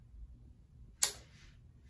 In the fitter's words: make sure it clicks into place because it doesn't click then it's going to come out and it's going to break your needle